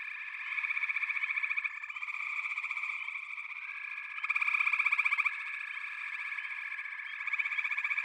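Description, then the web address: Many frogs trilling at once, a steady pulsing chorus with a stronger burst of fast pulses near the midpoint. A chorus of frogs calling together. "The Natural Sounds of the Wilderness. Echoes of Nature - Frog Chorus"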